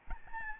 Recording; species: mosquito wingbeat signal from an infrared sensor; Aedes albopictus